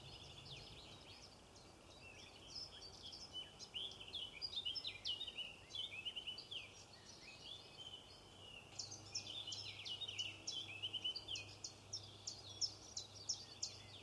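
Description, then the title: Robin song: two bursts of quick, high, twittering and warbled notes, a pause between them, over a low steady hum. "Robin Birds Chirping"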